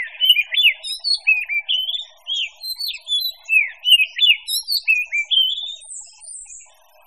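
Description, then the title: Birds in chorus giving lively whistled chirps that slur up and down, dense at first and thinning toward the end, with faint high twittering above. "manuk campur"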